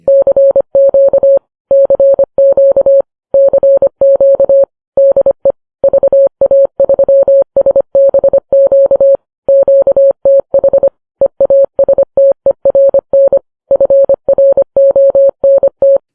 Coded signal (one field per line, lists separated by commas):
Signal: Morse code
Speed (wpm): 25 wpm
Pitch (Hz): 550 Hz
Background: none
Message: CQ CQ CQ DE VA3SBQ QTH EASTERN FRONT